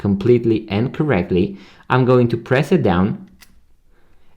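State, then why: Seated. A new coin cell sits in the metal battery cage of a DKNY chronograph watch's Seiko quartz movement. The clamp is pressed down over it while someone talks. A small click sounds at 3.4 s as the clamp snaps closed, seating the battery.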